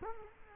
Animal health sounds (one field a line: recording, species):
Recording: mosquito wingbeat signal from an infrared sensor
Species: Culex quinquefasciatus